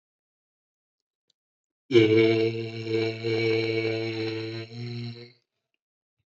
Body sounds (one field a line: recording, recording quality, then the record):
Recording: sustained vowel as in made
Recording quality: excellent, no background noise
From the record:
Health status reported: healthy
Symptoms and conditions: none ticked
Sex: male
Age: 53 years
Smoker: not ticked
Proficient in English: yes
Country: India